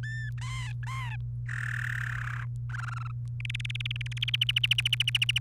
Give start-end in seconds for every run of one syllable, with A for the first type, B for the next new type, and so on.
0.03-0.29 A, 0.38-1.16 B, 1.49-2.40 C, 2.69-3.11 D, 3.40-4.36 E, 4.41-5.38 F